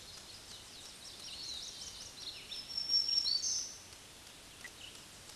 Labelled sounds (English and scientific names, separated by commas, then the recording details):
Black-throated Green Warbler (Setophaga virens) song
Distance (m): 15 m
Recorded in a Pennsylvania forest on 20 May 2023 at 06:23
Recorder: AudioMoth, point grid1_14_low
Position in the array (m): 102 m, 159 m